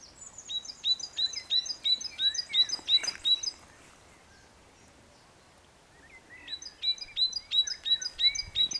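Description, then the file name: Great tit song: a loud, regular series of two-note 'teacher' phrases, high then lower, given in two bursts separated by a short pause. "Parus major"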